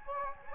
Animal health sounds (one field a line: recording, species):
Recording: mosquito wingbeat signal from an infrared sensor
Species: Anopheles gambiae